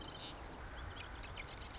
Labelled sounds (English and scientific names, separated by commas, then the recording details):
Marsh Wren (Cistothorus palustris)
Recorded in Sonoma County, California